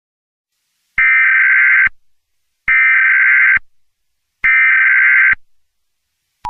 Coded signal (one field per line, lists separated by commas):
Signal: Emergency Alert System (SAME) tones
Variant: header bursts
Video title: "The 2nd U.S. Civil War" - An EAS Scenario (#12) (Inspired by @YP_Studio-z7v)